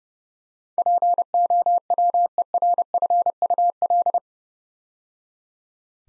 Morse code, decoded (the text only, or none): POWERFUL